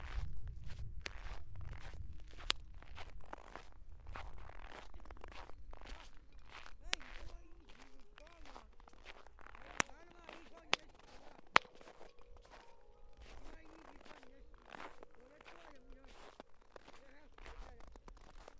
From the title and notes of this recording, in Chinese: 雪的声音。在某个暴雪的夜晚，路上车辆不多行人稀疏，我在街上走着，硬底的鞋踩在雪上发出各种声音。台阶、冰面、大理石、柏油路、水泥路以及木栈道作为承载；硬底鞋作为敲打；厚雪、薄雪、被行人脚底压实的雪、被铲雪机滚成条状的雪作为连接。哈尔滨。